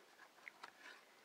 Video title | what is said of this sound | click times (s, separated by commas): TrueBlood Mini Album | and you can you you'll hear this snap because it's a very very strong closure | 0.5 s